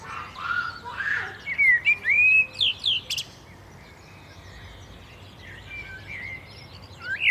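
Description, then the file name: Common blackbird producing a quick string of upslurred whistled chirps for about three seconds, then near silence before another note at the very end. "Turdus merula"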